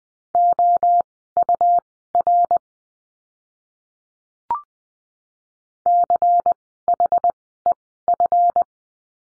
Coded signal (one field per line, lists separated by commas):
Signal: Morse code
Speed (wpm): 20 wpm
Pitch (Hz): 700 Hz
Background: none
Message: OUR CHEF